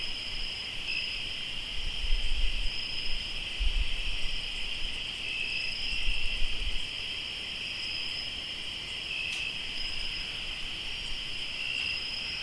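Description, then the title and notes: Cricket chorus holds a continuous shrill trill throughout, with faint brief higher pulses over it and intermittent low rumbling bumps in the first seven seconds. Crickets recorded in Tlayacapan, Morelos. "Sonidos de grillos en Tlayacapan - Morelos"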